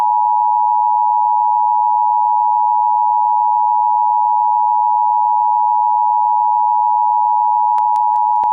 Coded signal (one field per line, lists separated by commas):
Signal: Emergency Alert System (SAME) tones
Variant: 853 and 960 Hz attention tone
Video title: Overnight Alerts: EAS Alerts From 6/9/24 (EAS #2559-2569)